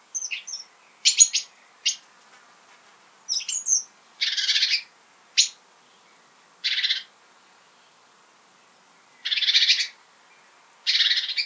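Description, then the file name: Great tit calling with short clicking and high thin notes followed by repeated harsh buzzy churr bursts spaced a few seconds apart. "Parus major"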